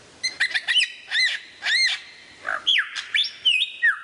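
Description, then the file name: Lyrebird song: arched whistled notes and rapid clicks, then swooping down-slurred and level whistles in a fast, varied sequence. Song variations. "suara lyrebird variasi"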